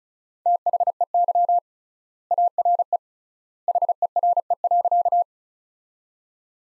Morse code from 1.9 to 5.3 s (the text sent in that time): ARE HERE.